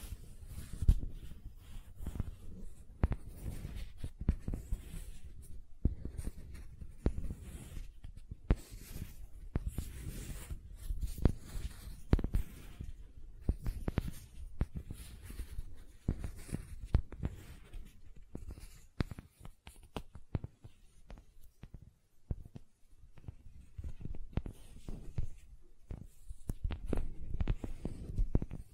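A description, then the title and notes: Gentle silicone sounds: soft, irregular taps and rubbing scrapes in quick clusters, mostly low and muffled, with brief quiet gaps between. ASMR Gentle Silicon Sounds for Sleep (No Talking).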